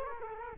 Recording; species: mosquito wingbeat signal from an infrared sensor; Culex quinquefasciatus